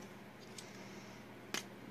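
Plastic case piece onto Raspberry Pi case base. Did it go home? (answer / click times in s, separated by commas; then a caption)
no / none. A glossy black plastic case part is pressed onto the base of a CanaKit Raspberry Pi 2 case. Over a quiet, steady background there are faint brief taps near 0.6 s and 1.9 s and a sharper, louder contact sound at about 1.5 s. The part does not click in, and nothing has seated or clicked.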